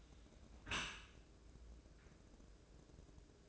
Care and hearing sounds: daily activity, microphone in the room; close dishwasher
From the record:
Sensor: 2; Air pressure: 1012.2 hPa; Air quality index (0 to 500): 133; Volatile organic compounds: 2 ppm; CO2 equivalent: 979 ppm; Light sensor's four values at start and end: 308/754/307/313 and 309/756/308/314

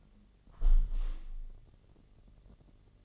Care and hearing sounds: daily activity, microphone in the room; close window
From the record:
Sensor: 4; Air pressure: 1015.8 hPa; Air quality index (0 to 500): 124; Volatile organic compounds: 3 ppm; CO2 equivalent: 1392 ppm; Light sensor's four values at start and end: 9/20/8/8 and 9/20/8/7

